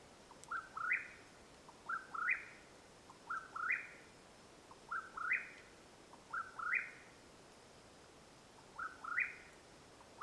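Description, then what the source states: Mexican whip-poor-will calling a whistled three-part phrase, a faint click then two rising notes, six times over quiet background hiss. Calling at nightfall, Madera Canyon, Arizona, USA, 21 April 2022.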